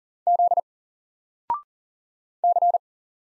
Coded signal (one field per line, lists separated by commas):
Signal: Morse code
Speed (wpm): 40 wpm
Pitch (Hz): 700 Hz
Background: none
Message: Z C